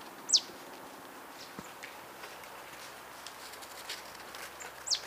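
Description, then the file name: Marsh tit call notes: two sharp, very high downward-slurred chips, one at the start and one at the end, with quiet background hiss between. "Poecile palustris"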